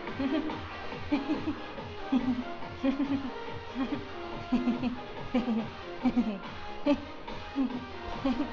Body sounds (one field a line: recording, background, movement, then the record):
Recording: laughter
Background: music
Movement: walking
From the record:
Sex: female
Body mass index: 22.6 kg/m2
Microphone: on the chest, facing outward